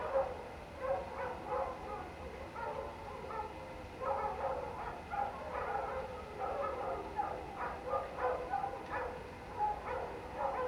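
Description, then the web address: Canine chorus of tremulous howls and sharp yips overlapping continuously throughout, with a soft constant sound of running water in the background. Pack howling into the night outdoors, late night, cold winter air, beside a man-made water fountain. "Omar Alvarado - Minimal ambiences ambience outdoors late night, cold winter air, pack of canine howling into the night and man made water fountain"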